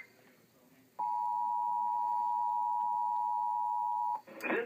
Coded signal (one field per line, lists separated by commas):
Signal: Emergency Alert System (SAME) tones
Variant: 853 and 960 Hz attention tone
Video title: Natl EAS test KKGN final.mov